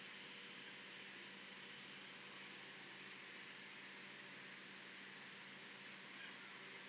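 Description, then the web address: Common blackbird giving two brief, very high, thin call notes separated by about five and a half seconds of quiet background. "SETE data Turdus merula"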